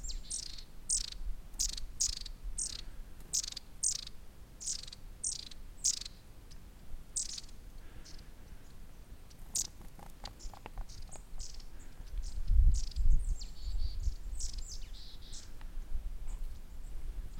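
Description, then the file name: Long-tailed Tit giving a run of very high, thin calls in quick succession, then fainter scattered notes, with a constant low rumble and a few thuds. "tit-long-tailed -Aegithalos-caudatus"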